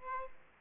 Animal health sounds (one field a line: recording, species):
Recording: mosquito wingbeat signal from an infrared sensor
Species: Aedes aegypti